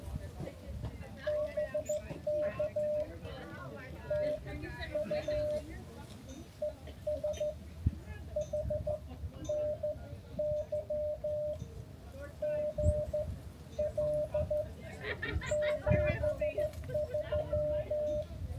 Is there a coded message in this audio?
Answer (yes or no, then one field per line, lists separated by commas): yes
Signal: Morse code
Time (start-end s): 1.3-18.2 s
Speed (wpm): 14 wpm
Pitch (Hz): 600 Hz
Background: speech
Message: BK TU ES HNY GL 73